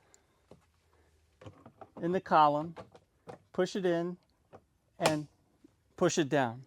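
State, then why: Not seated. A plastic jigsaw storage mount for the Milwaukee 2737-20 D-Handle and 2737B-20 Barrel Handle M18 Fuel Jig Saw is lined up in the column of a Packout modular wall plate. Light handling taps and knocks are heard while someone talks. Nothing has seated or clicked yet.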